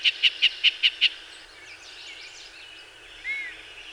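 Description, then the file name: Yellow-breasted chat calling: a quick run of six sharp notes, then a pause and a single lower, slurred note. Recorded 24 May 2019. "2019-05-24 Yellow-breasted Chat"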